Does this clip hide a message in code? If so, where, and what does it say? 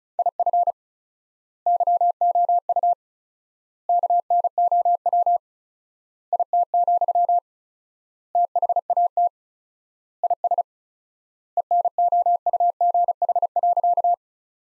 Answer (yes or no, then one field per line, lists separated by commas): yes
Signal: Morse code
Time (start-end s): 0.2-14.1 s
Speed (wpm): 36 wpm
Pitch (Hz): 700 Hz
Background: none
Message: IF YOU KNOW IT, THAT IS ENOUGH.